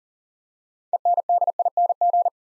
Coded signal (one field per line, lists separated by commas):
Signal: Morse code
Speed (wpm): 40 wpm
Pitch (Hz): 700 Hz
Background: none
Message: ENDING